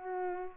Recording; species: mosquito wingbeat signal from an infrared sensor; Culex pipiens